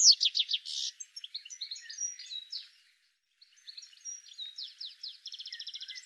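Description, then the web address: Bird chirping in quick, high twittering runs of short notes and trills, pausing briefly midway before resuming with rapid series of notes. "cianscape birddata"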